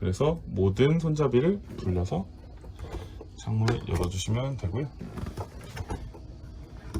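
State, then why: Not seated. Someone talks while a camper window sash is handled toward its frame latch, with a few faint knocks and handling sounds after the speech. Nothing has seated or clicked yet; the window is not yet latched shut.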